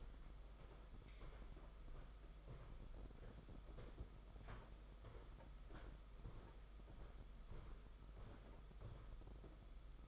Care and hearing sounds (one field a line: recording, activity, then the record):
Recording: daily activity, microphone in the room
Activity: walk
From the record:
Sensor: 5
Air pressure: 991.8 hPa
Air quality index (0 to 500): 148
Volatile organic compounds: 169 ppm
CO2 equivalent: 4103 ppm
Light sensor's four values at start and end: 32/108/40/43 and 32/108/40/43